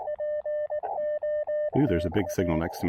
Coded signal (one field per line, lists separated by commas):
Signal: Morse code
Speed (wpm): 19 wpm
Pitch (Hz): 590 Hz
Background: speech, radio noise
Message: POTA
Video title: POTA Field Report: Activating South Mountains with the N6ARA TinyPaddle!